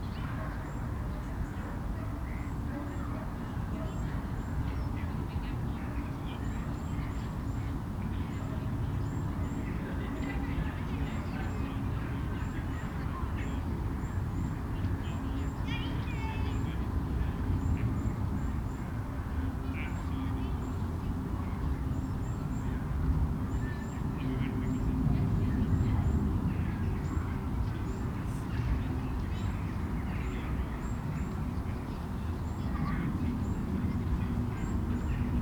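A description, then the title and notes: A country park busy with families, a steady low rumble and murmur of many voices running throughout. Scattered brighter bursts, like children's calls or squeaks, pop up now and then, and faint quick chirps repeat high above. Captured in a country park on Boxing day.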